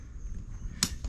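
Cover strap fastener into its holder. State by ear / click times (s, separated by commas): seated / 0.8 s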